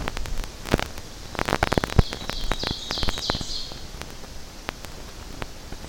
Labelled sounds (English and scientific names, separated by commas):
Ovenbird (Seiurus aurocapilla) song